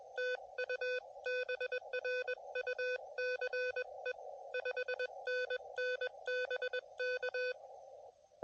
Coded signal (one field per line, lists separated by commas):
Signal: Morse code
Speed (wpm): 20 wpm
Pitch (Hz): 1500 Hz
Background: none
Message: TU BRUCE 5NN BK